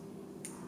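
A lens is pushed into a camera lens mount after a fumble and seats fully with a sharp, short click at 0.5 s, bright in the high frequencies above a steady low hum. The lens ends up fully seated in the mount.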